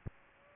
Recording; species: mosquito wingbeat signal from an infrared sensor; Aedes aegypti